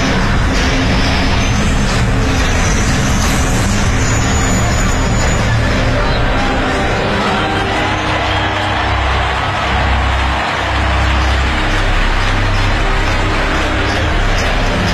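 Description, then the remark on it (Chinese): A motor engine roars steadily for the whole stretch, loud and dense with a deep low rumble, as President Joko speeds toward the VIP area at the 2018 Asian Games opening ceremony, blended with a constant wash of crowd hubbub and indistinct voices. “马达轰鸣，这一刻所有人看到的是非常鲜有的亚运会国家元首入场的方式。”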